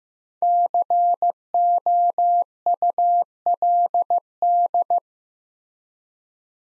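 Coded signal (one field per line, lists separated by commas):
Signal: Morse code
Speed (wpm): 15 wpm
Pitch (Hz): 700 Hz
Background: none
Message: COULD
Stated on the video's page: Morse practice drill of two-word sets at 15 wpm with 4x word spacing, each set followed by spoken answer.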